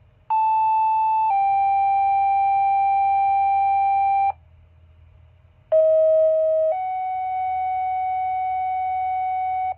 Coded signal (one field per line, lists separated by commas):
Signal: two-tone page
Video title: Weekly Fire Pager Test on Motorola Minitor VI